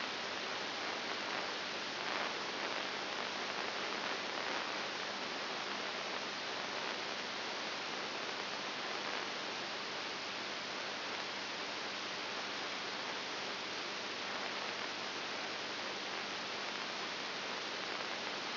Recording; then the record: brain microelectrode recording played as sound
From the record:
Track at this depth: outside the subthalamic nucleus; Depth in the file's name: 7.3 mm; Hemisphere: left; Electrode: 2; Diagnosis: Parkinson's disease